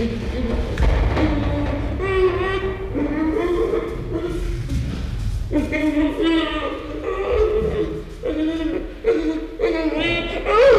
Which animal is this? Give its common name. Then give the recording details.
Western Gorilla. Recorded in captivity. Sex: male. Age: juvenile. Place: Zoo Rostock, Mecklenburg-Vorpommern, DE. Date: 1975-12-05 10:05. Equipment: Uher CR 210, Sennheiser MD 421, Verstärker, Kopie Unitra ZK 246. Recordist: Tembrock, Günter. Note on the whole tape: Männliches Jungtier (ca. 3 Jahre alt): Laute bei Bestrebung zur Kontaktaufnahme zu vertrauter Person. Abstand 1 m